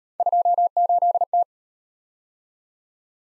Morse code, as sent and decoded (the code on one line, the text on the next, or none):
..--- ---.. -
28T